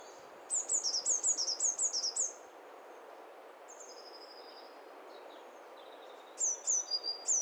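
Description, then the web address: Birds calling: a rapid burst of high, thin, downslurred chirps on two pitches at the start, a quiet stretch with faint notes, then another short burst at the end, over steady hiss. Several birds calling at once; stereo recording. "Hi Fi STEREO BIRD COCKTAIL PARTY Challenge"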